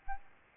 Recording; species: mosquito wingbeat signal from an infrared sensor; Aedes albopictus